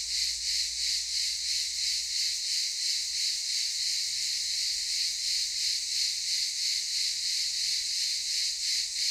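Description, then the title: Cicadas buzzing in a loud, shrill chorus that pulses about three times a second, steady throughout. Cicadas calling in daytime at a camp in Çıralı, Kemer, Antalya, Turkey. "Ulupınar Mahallesi, Çıralı Yolu, 07980 Kemer/Antalya, Turkey - Cicadas daytime"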